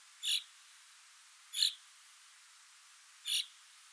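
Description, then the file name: Common chaffinch giving a single short, bright call note three times, roughly every one and a half seconds, with light background hiss. "Fringilla coelebs"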